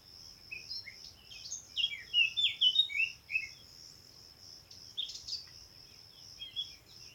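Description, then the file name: Eurasian blackcap delivering a brisk warbled phrase of bright, jumbled notes, then a shorter broken phrase, against a continuous pulsed insect buzz. "Sylvia atricapilla"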